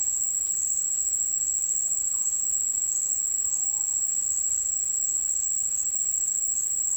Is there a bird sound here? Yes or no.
no